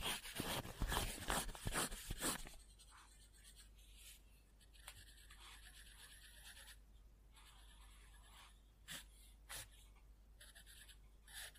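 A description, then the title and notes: Pen scribbling on paper, loudest and busiest in the first two and a half seconds with quick, scratchy back-and-forth strokes. After that the writing turns quieter and sparser, with faint hissy scratches and a few short sharp strokes near the nine and a half, eleven second marks. Scribbling On Paper.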